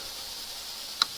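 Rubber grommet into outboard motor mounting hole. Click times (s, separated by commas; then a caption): 1.0 s. A spare rubber grommet is pressed into a mounting hole on a part of a 1997 Johnson 115 OceanRunner outboard motor. Over a steady faint hiss, a single sharp tick sounds at 1.0 s as it pops in, and the grommet snaps into place with a perfect fit.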